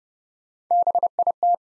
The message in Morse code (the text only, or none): BIT